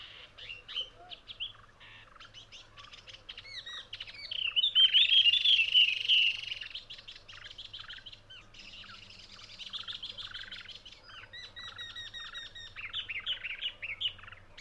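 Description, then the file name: Spiny babbler song, a long run of rapid, varied chattering and warbled notes that swells louder midway, then continues in clipped phrases over a faint low hum. "spiny babler omkicau"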